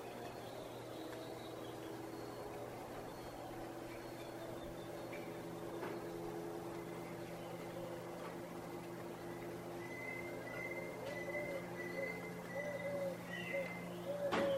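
Early morning on a balcony above the Placencia Sidewalk in Belize: a steady low hum, faint voices, and short bird chirps, thickening toward the end.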